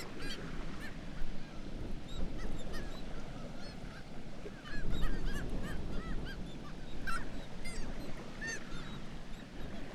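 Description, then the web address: Black-legged kittiwake cries, scattered bent, slightly nasal notes from several birds with brief clusters, over a continuous low roar. "sound Black-legged-kittiwake. صدای-پرنده-کاکایی-پاسیاه"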